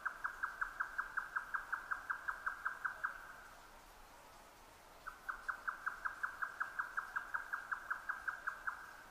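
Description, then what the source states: Grey nightjar song in two bursts of rapid, regular tapping notes, separated by a quiet gap of about two seconds. Recorded 12 June 2009 at 22:41.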